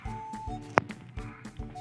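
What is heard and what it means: A 2-pin battery plug of a cheap RC off-road car is pushed into its socket and seats with a sharp click at 0.8 s. The click rings out over steady background music, followed by a few softer taps.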